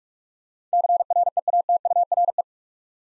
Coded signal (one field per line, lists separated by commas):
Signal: Morse code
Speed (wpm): 44 wpm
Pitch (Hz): 700 Hz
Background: none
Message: CREATURE